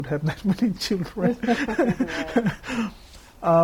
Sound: laughs